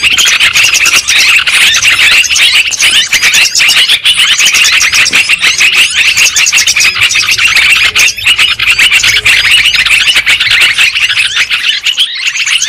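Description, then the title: Lovebird flock keeps up a continuous, high, squeaky chatter of rapid chirps and short squeals, loud and nearly unbroken throughout. Lure sound used for trapping lovebirds. "PIKAT BURUNG LOVEBIRD"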